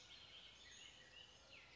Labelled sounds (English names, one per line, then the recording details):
Bullock's Oriole
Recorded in Sonoma County, California